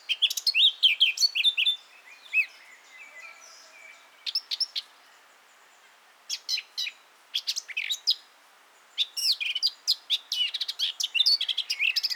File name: Sylvia atricapilla